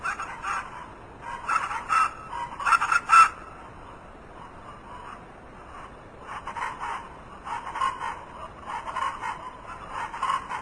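Chachalaca calls: bursts of harsh, grating cackles come in short clusters separated by quieter pauses.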